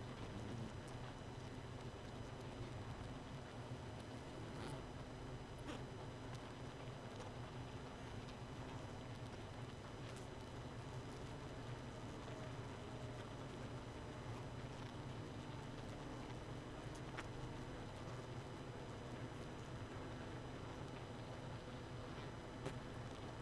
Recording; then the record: honeybee colony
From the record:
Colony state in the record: missing queen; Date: 31 May 2018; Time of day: 0:50